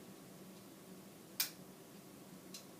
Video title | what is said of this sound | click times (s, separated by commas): AndyJINFO | push it down until it makes it click that's usually how you know that set | 1.4 s